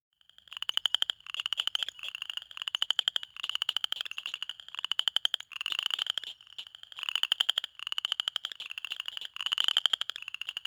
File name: Southern chorus frog